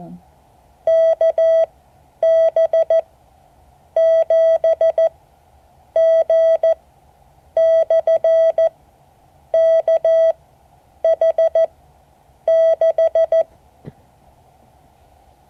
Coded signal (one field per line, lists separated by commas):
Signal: Morse code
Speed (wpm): 14 wpm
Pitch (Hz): 650 Hz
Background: none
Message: KB7G/KH6